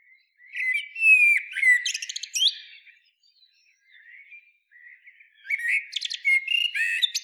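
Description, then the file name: Common blackbird song: a fluted phrase ending in high twitter, a quiet pause with soft low notes, then another whistled phrase with squeaky trills. "Turdus merula"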